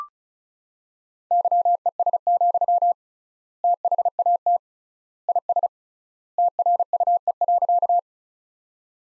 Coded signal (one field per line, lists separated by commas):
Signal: Morse code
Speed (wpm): 34 wpm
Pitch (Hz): 700 Hz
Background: none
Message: YES, THAT IS TRUE.